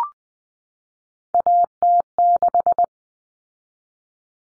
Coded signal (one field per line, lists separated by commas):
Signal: Morse code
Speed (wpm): 20 wpm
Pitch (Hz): 700 Hz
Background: none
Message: AT6